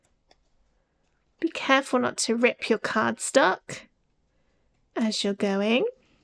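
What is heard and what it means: The last cardstock slot of a 3D paper Easter bunny is being worked into its matching card piece by hand, with only two faint ticks near 0.1 and 0.3 s before someone talks over the rest of the clip. Nothing has seated or clicked yet; the clip ends just before the slot goes home.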